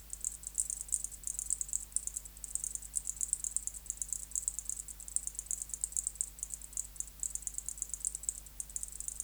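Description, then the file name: Zichya bush-cricket song: rapid high-pitched buzzy pulses in dense bursts, repeated continuously with short gaps, over a steady low hum. "Zichya sp"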